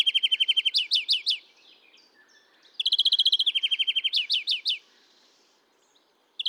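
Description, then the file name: European greenfinch giving fast, even trills that break into sweeping, down-slurred notes, two bursts separated by a short pause, with a brief third start at the end. "Chloris chloris"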